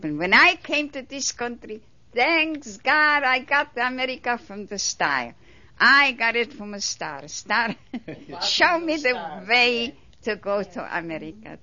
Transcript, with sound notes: When I came to this country, thanks God I got the America from the sky, I got it from a star. (incoherent mumbling and laughing in background) Star show me the way to go to America.